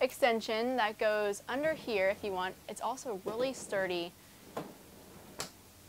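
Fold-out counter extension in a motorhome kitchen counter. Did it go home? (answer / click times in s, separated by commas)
yes / 5.4 s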